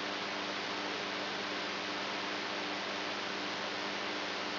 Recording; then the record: brain microelectrode recording played as sound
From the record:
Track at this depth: inside the subthalamic nucleus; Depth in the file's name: 3.518 mm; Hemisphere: right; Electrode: 3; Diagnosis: Parkinson's disease